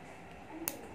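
A hinged push-button clasp on a segmented, bamboo-style gold bangle weighing one baht is closed, its tongue pressing into its catch. Against a quiet, steady background, a single short, sharp snap rings out at 0.7 s. The clasp snaps shut and is seated.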